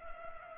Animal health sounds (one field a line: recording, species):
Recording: mosquito wingbeat signal from an infrared sensor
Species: Culex pipiens